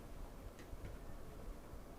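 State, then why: Not seated. An 8-pin power cable plug is handled at the motherboard power header of a B450 Aorus Elite in an IONZ Kessho RGB gaming PC build. Steady low rumbling noise is heard, with a couple of faint, brief higher-pitched ticks near 0.6 and 0.9 seconds. Nothing has seated or clicked yet.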